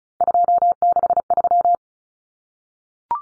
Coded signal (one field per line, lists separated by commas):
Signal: Morse code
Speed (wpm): 34 wpm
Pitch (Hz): 700 Hz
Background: none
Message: 263